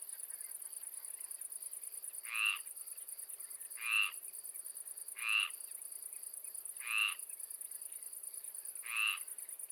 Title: Marais poitevin, France - Swamp calm evening landscape , frog